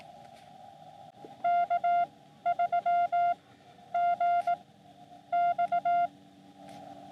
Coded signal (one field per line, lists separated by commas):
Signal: Morse code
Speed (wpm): 19 wpm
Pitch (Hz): 700 Hz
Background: none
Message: K3GX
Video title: SOTA with Cat on Sandstone Peak | Morse Code with Cat (Beginner)